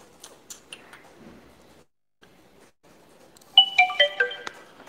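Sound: mobile phone ringtone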